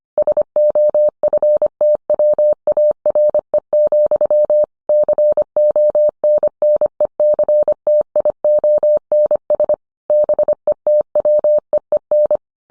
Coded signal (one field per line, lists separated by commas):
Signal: Morse code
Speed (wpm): 25 wpm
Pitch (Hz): 600 Hz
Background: none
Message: SOFTWARE, CONNECTIONS BETWEEN